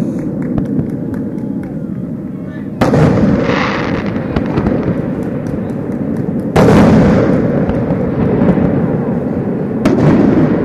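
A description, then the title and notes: Fireworks boom out over open water, a dense, rumbling low roar filled with crackles and pops. Sharp, bright bursts hit near 3 seconds, 6.5 seconds and 10 seconds, each followed by a rolling echo, while the thick low rumble rarely lets up. Fireworks Audio From Tuttle Lake. I was at a family cottage at Tuttle Lake in Wisconsin. Each 4th of July weekend, there is a sizable private fireworks display put on by some cottage owners at the lake. Sounds of fireworks over open water. In this audio you can hear the lingering echos of the explosions. Explosions and yells.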